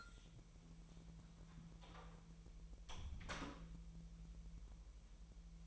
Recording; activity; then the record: daily activity, microphone in the room; close door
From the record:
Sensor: 1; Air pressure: 1001.3 hPa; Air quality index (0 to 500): 250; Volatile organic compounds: 142 ppm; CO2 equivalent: 3986 ppm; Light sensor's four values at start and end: 13/31/13/14 and 13/30/12/14